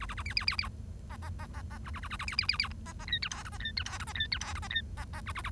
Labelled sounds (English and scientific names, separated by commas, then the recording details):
Bengalese Finch (Lonchura striata domestica) song
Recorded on 1 October 2012 at 09:01
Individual or60yw70